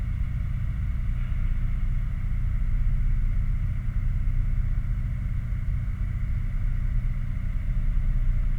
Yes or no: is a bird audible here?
no